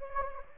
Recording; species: mosquito wingbeat signal from an infrared sensor; Anopheles gambiae